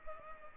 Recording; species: mosquito wingbeat signal from an infrared sensor; Culex pipiens